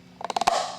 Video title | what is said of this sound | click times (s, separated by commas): How to Change Oil and Filter Porsche Cayenne 4.8L V8 2010-2014 | and we can just put it in till you hear a nice click, | 0.2 s, 0.3 s, 0.4 s, 0.5 s